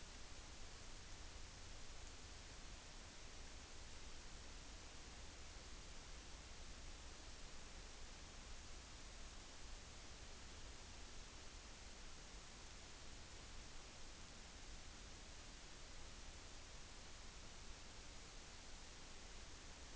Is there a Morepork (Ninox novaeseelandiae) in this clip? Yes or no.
no